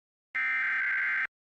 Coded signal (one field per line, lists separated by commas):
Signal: Emergency Alert System (SAME) tones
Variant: header bursts